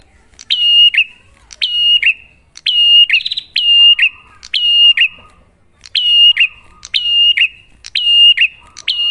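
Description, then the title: Bar-winged prinia singing steady phrases, each a rattling click burst followed by a sharp whistle dropping at the end, roughly one per second. Lure recording to make pet prinias sing; a clear-voiced duet of Cililin versus Kapas Tembak prinia types. "Masteran Duet Cililin Vs Kapas Tembak. Pancingan Prenjak Gacor"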